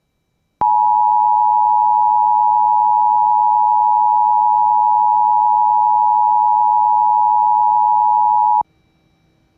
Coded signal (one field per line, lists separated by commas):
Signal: Emergency Alert System (SAME) tones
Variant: 853 and 960 Hz attention tone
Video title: No EAS - Florida AMBER Alert